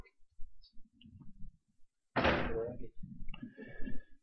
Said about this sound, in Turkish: Kapı mı çarptı senin?